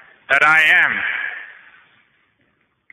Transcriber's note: sound of the outgoing breath